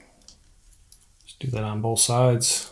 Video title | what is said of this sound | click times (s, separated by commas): Console Customs PS5 Smart Triggers PRO V3.0 Installation on a Sony BDM-030 Controller | the mount and we should be able to hear that nice click let | 0.3 s